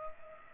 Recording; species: mosquito wingbeat signal from an infrared sensor; Culex pipiens